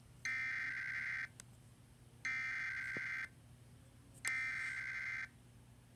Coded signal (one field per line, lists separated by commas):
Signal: Emergency Alert System (SAME) tones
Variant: header bursts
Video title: Emergency Alert System Warning July 1! 2021